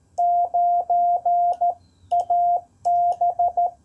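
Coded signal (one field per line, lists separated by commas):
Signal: Morse code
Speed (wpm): 13 wpm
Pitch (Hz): 700 Hz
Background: none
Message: 9AB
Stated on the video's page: CW Parks on the Air activation, 5 watts from an IC-703+ on two HF bands, antenna raised on a SpiderBeams mast.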